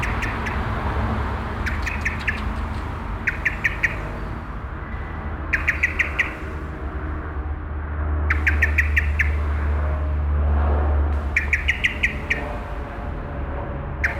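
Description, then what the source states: Common Blackbird chirping in short rattling bursts of sharp clicky notes, repeated irregularly, over a steady low rumble of street traffic. Blackbird emerging from a bush and chirping constantly beside the Auferstehungskirche, Südostviertel, Essen, Germany; passing street traffic.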